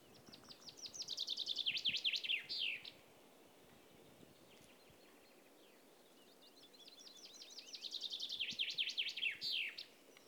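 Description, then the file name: Common chaffinch singing two phrases, each an accelerating run of sweet falling notes that closes with a short emphatic flourish, separated by a quiet pause. "Fringilla coelebs"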